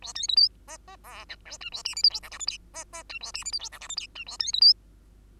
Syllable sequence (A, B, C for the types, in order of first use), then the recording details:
A B C D E E F G H I A J K L M N O P Q E E I A J K L M N O P Q I A B C D. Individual Bird2